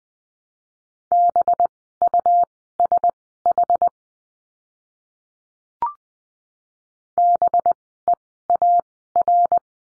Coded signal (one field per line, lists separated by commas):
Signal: Morse code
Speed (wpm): 20 wpm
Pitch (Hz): 700 Hz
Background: none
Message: BUSH BEAR